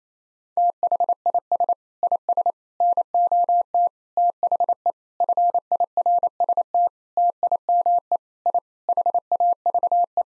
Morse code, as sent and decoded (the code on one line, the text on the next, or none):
- .... .. ... / .. ... / -. --- - / - .... . / ..-. .. .-. ... - / - .. -- . / .. / .... .- ...- .
THIS IS NOT THE FIRST TIME I HAVE